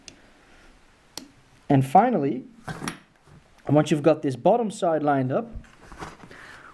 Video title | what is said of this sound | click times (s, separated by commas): 5HP18 Clutch Rebuild | and you'll hear it making clicking noises which means you're doing the right thing | 0.1 s, 1.2 s